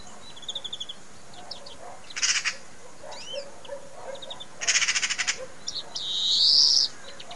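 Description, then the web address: Bird calls: scattered short high chirps and twitters, fast trills of clipped pulses, and a drawn-out buzzy high note near the end. "Deverinetal 2025 File origin Bird Only"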